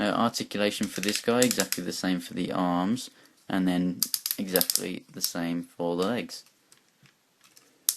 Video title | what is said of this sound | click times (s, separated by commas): Transformers Platinum Edition Predaking | and the legs sort of lock into place a little bit as you can see | 7.9 s